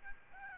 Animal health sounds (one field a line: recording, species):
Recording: mosquito wingbeat signal from an infrared sensor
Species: Aedes albopictus